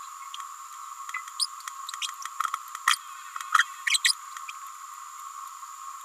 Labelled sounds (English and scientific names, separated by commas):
Green-rumped Parrotlet (Forpus passerinus) babbling